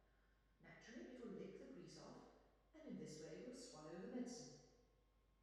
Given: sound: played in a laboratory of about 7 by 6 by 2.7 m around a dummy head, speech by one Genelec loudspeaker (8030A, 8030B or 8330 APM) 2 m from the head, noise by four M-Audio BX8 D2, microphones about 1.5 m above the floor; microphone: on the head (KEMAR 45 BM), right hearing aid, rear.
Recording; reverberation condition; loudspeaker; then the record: female speech in English; high; 90 degrees to the left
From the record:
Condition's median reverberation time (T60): about 1300 ms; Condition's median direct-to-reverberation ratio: about -4.0 dB